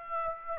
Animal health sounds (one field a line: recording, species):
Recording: mosquito wingbeat signal from an infrared sensor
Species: Aedes aegypti